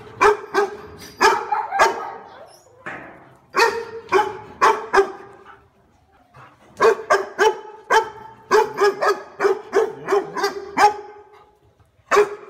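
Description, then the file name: Dog barking insistently, with rapid runs of sharp barks broken by short pauses, over a dozen barks in all. "Tieng cho sua"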